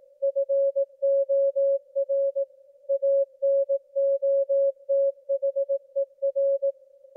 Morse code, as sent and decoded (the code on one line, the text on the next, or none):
..-. --- .-. / .- -. --- - .... . .-.
FOR ANOTHER